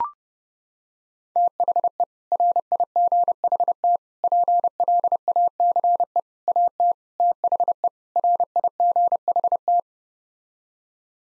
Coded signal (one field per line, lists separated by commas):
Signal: Morse code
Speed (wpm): 30 wpm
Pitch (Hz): 700 Hz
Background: none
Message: THE RIGHT PLACE AT THE RIGHT